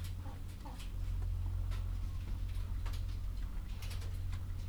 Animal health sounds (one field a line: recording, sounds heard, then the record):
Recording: poultry house recording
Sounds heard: sick chickens (respiratory disease)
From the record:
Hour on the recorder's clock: 21